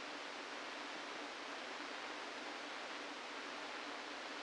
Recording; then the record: brain microelectrode recording played as sound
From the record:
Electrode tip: inside the subthalamic nucleus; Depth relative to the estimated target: 1 mm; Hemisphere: left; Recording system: NeuroSet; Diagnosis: Parkinson's disease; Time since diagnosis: 17 years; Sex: male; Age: 64 years